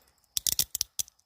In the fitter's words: oh yeah nice satisfying click to them